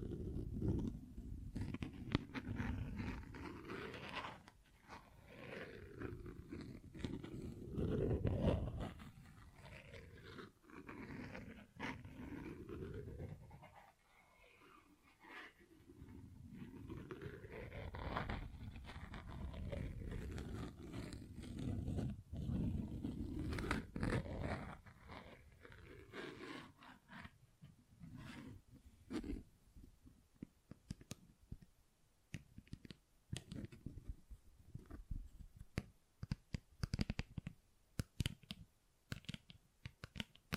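Tapping and scratching textures, with a dense, rumbling low scratching for the first half that rises and falls in slow sweeping waves, dipping quieter around 14 seconds. From about 26 seconds it turns into sparse, irregular sharp taps with short silences between them.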